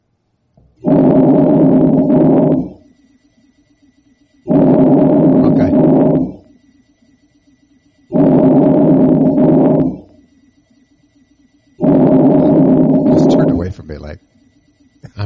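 Four even breath cycles at about 16 a minute, soft and steady: normal vesicular breath sounds over the lateral chest of an adult, heard by stethoscope.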